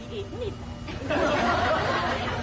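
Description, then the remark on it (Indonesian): Indistinct chatter from a group of people in a room at the end of a corridor, heard at its door, sounding like a foreign language, Dutch, with no words clearly made out. It starts soft and patchy, then swells into a fuller, steady babble of overlapping voices after about a second. “Dan terdengar orang-orang sedang mengobrol,”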